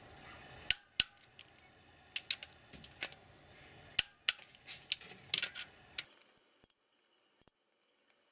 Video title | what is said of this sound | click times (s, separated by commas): Regulacja zaworów - Honda 1.8 2.0 - Korekta luzu po roku - Jak wyregulować zawory - Luz | niutonometrów po kolei każdy zawór do kliknięcia z | 0.7 s, 1.0 s, 4.0 s, 4.3 s, 4.9 s, 5.3 s